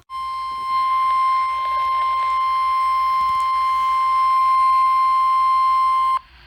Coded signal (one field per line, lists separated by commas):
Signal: Emergency Alert System (SAME) tones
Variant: 1050 Hz attention tone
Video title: Before Isaias...EAS Alerts From August 3, 2020 (EAS #266-276)